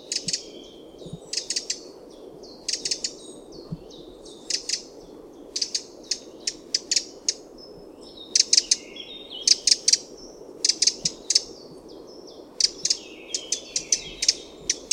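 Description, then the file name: Eurasian wren giving sharp, dry ticking calls in short clusters of two to four, repeated irregularly, with faint thin whistles and steady low background hiss. "Troglodytes troglodytes"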